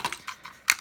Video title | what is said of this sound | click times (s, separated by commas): Monster Mayhem | At least when a part pops out of this, it snaps back in. | 0.7 s